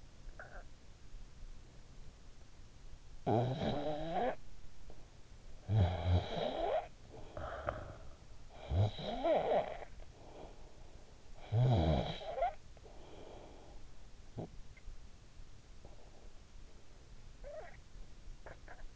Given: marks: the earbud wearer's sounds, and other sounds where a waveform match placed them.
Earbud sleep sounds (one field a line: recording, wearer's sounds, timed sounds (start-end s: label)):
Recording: sounds in sleep by an in-ear microphone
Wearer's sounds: snoring breath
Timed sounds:
0.13-0.81 s: snoring breath
3.02-4.79 s: snoring breath
5.39-14.02 s: snoring breath
14.16-14.68 s: snoring breath
17.05-18.96 s: snoring breath